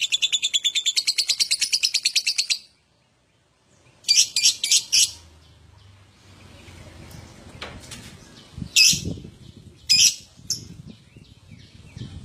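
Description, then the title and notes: Lovebird chattering song, a rapid pulsed burst of high notes, then silence, a short chattering phrase and a few isolated sharp chirps over low background rumble. Adult lovebird in full vigorous song, described as gacor with owor owor singing style. "LOVEBIRD GACOR OWOR OWOR. Lovebird Dewasa"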